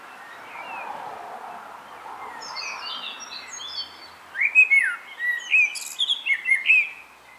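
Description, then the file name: Common blackbird song, faint warbling at first, then a clear loud phrase of rich fluted whistles with squeaky high notes in the last three seconds. "Turdus merula"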